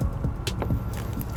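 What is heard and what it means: On a 2018 Kia Soul, a 4-flat trailer wiring connector with a grooved plastic housing is pushed through its mounting bracket and rocked back and forth over a low engine-like hum. It snaps into the bracket with sharp clicks at 0.5 s and 0.6 s, then a faint tick follows near 1.2 s. The connector is seated.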